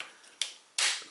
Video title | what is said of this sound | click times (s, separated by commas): Transformers Review: Unique Toys O-04 Siegfried (Pre-production Sample). P4L Reviews | There we go. A nice satisfying click. | 0.4 s